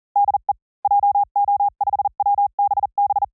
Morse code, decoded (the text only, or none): DE JO5WBB